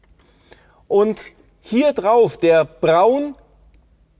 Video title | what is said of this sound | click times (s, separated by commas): Mercedes Sprinter (W906) - Autoradio einbauen - ARS24 | des braune dünnere Kabel ist wieder bis es klickt und | 0.5 s